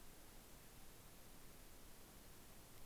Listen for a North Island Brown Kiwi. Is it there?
no